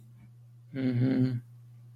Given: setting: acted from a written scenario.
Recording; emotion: vocal sound without words; guilt